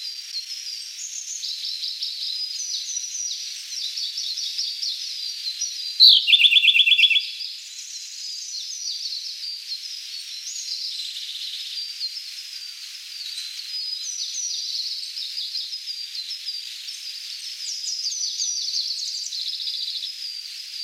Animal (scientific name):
Luscinia cyane